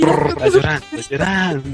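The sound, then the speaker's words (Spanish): An animal growls in two drawn-out, wavering bursts separated by a brief pause, with a rough, tonal quality that rises and falls in pitch, fairly loud throughout. “Ahora sí, ahora sí gruñes, ¿verdad?”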